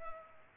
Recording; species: mosquito wingbeat signal from an infrared sensor; Culex pipiens